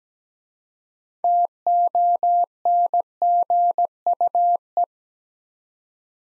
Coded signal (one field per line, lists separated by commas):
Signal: Morse code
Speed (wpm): 17 wpm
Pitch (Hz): 700 Hz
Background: none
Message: TONGUE